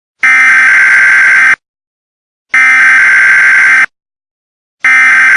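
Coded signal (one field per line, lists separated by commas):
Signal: Emergency Alert System (SAME) tones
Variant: header bursts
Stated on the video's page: Fictional EAS scenario, simulated alert.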